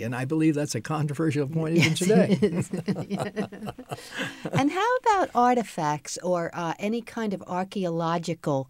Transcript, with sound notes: And I believe that's a controversial point even today.
Yes, it is. [laughter] And how about artifacts or any kind of archeological